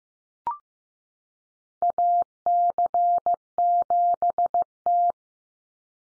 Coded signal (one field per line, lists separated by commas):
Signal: Morse code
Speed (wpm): 15 wpm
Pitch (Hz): 700 Hz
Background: none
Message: AC7T